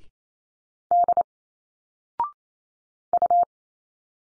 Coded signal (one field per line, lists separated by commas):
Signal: Morse code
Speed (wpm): 28 wpm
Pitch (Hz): 700 Hz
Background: none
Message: D U